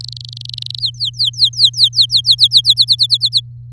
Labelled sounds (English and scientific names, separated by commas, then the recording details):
Domestic Canary (Serinus canaria) song
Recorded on 7 May 2018 at 17:13
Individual llb16